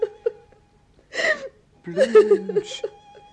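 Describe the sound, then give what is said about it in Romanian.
A girl sobs in uneven bursts: a couple of soft catches of breath, a sharp breathy gasp, then a longer wavering, high-pitched whimpering cry that trails off. “Plângi, copila mea. Lacrimile te ușurează și amărăciunea vars-o numai în inima mea.”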